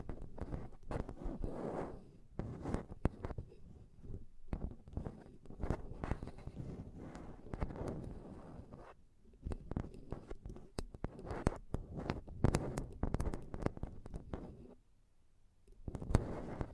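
Rapid tapping and scratching on a microphone, with dense bursts of sharp clicks and rough scraping that fill most of the time. The sounds come in clusters with brief pauses near 4, 9 and 15 seconds, carrying a heavy low thump beneath the crisp upper edges.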